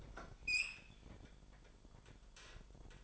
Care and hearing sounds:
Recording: daily activity, microphone in the room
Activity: open fridge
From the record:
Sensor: 5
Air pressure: 1007.9 hPa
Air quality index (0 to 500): 90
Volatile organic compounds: 1 ppm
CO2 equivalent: 708 ppm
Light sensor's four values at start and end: 43/98/41/43 and 44/101/42/45

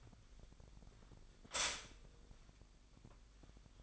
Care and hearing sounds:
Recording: daily activity, microphone in the room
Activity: stop toaster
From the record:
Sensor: 5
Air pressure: 1002.0 hPa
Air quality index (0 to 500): 205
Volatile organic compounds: 19 ppm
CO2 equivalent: 2647 ppm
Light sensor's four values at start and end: 34/109/41/44 and 34/108/41/44

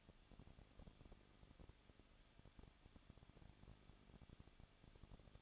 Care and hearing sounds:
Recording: daily activity, microphone in the room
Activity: no activity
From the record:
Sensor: 4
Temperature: 23.1 degrees Celsius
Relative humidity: 34.1%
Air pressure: 1007.2 hPa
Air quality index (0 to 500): 214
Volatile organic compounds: 14 ppm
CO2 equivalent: 2473 ppm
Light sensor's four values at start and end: 2/3/1/1 and 2/3/1/1

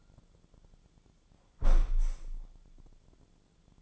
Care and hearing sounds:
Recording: daily activity, microphone in the room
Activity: close window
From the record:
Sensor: 5

